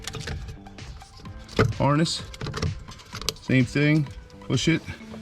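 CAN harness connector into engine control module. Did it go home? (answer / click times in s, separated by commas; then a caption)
no / none. The beige CAN harness connector is being handled and pushed toward the PCM (engine control module), with its locking lever, on a Ram TRX 6.2L, while someone talks. Light handling taps and plastic contact sounds are heard around the speech. Nothing has seated or clicked yet.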